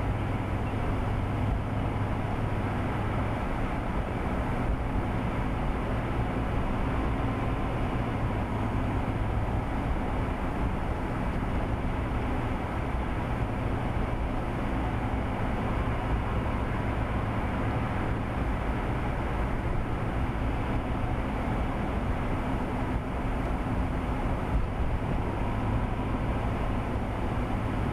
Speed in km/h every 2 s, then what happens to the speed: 56, 56, 56, 56, 56, 56, 58, 60, 60, 58, 56, 53, 52, 52.
0-17 steady at about 56. 17-23 slows to 52.